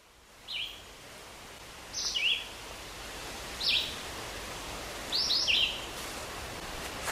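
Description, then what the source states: Red-eyed Vireo song: short, slurred whistled phrases, about one and a half seconds apart, against a steady background hiss. Played recording of song; song is melodic, with some up and down to it.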